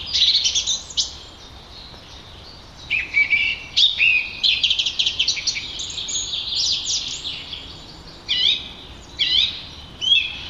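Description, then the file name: Song thrush song: varied high phrases of sharp whistles and chirps, some notes doubled, separated by short pauses over steady background hiss. "Turdus philomelos - Song Trush"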